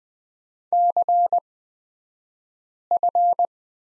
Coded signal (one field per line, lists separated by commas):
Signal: Morse code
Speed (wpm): 20 wpm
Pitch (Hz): 700 Hz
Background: none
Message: CF